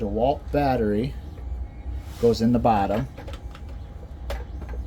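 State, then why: Seated. Someone talks while a DeWalt cordless power-tool battery pack is slid into the base of a switch hitter device. A short, sharp click at 4.3 s marks the battery seating in place.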